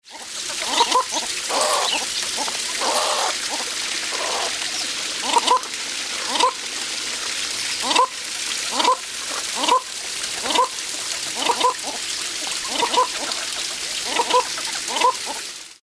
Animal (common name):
Baikal Teal